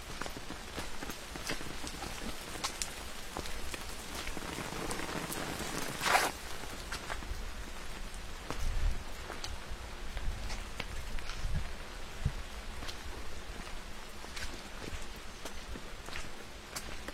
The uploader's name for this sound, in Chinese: 在雨中沿着森林步道漫步